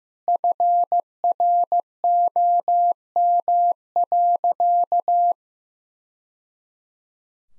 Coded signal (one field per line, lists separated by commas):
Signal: Morse code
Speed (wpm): 15 wpm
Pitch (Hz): 700 Hz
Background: none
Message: FROM.